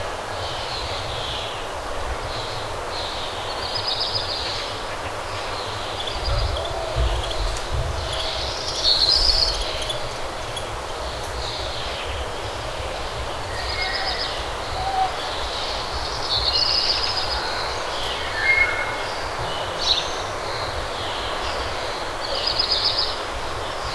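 Morning birdsong fills the air, with many chirps and short trills scattered high and bright throughout, a few calls standing out around nine and eighteen seconds. A low, steady hum and rumble sits underneath, like traffic, with a soft outdoor hiss.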